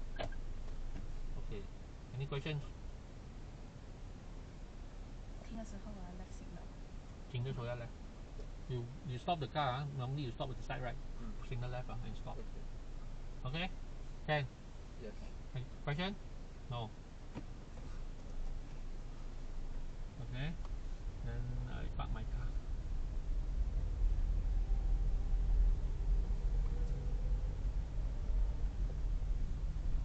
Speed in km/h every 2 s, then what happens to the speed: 0, 0, 0, 0, 0, 0, 0, 0, 0, 0, 4, 9, 8, 10, 14.
0-18 standing. 18-30 pulls away to 14.